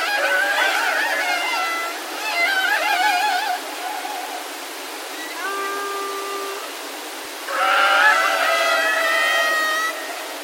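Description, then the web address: Killer whale calls: harmonic pulsed calls and wavering whistles, several short upswept notes, then a louder burst of overlapping calls near the end. "kasatka"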